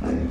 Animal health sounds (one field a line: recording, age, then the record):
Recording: pig call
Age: growing-finishing pig (85 days or more)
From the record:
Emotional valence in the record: negative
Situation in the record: barren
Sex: female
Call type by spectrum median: low-frequency call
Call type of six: low-frequency stable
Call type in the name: low-frequency stable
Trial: 3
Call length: 0.31 s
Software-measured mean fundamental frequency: 41 Hz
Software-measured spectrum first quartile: 128 Hz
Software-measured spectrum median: 246 Hz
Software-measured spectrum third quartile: 410 Hz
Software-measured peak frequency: 246 Hz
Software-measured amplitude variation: 130 dB a second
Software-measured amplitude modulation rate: 27.3 a second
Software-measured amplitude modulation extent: 4.8 dB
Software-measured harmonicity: 0.2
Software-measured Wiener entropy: -0.77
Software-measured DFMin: 741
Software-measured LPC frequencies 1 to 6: 304, 1640, 2534, 3580, 4463, 5129 Hz